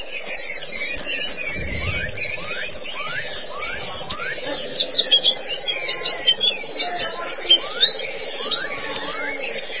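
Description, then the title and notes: White-eye song: dense, continuous high twittering and chattering, with short lower slurred notes dropping through it and a steady low hum underneath. Pleci song. "Kicauan Burung Pleci Durasi Panjang. Suara kicauan burung pleci"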